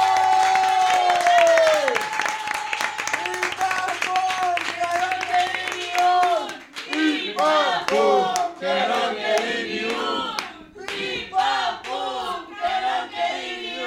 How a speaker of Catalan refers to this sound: Un aplaudiment pels companys, tio.